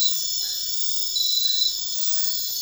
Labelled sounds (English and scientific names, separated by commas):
none